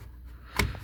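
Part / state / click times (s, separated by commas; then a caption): steering column switch module into its mount on the steering column / seated / 0.6 s. A used COM2000 steering column switch module for a Peugeot/Citroën is refitted into its mount on the steering column, with low background noise before a single sharp snap at 0.6 s. The snap is the latch clicking home, and the module is seated and locked.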